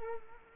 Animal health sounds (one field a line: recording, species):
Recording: mosquito wingbeat signal from an infrared sensor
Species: Culex quinquefasciatus